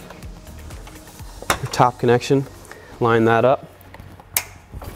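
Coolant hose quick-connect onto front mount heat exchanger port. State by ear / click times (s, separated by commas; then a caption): seated / 4.4 s. The top coolant hose quick-connect on a CSF front mount heat exchanger for an F80/F82/F87 M3/M4/M2 Competition is lined up and pushed onto the heat exchanger port while someone talks. Its retaining clip snaps on with a sharp click at 4.4 s, and the audible click shows the connection is secure.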